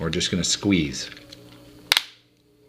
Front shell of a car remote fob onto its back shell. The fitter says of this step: You're going to hear it click, it's squeezed. That means it's on.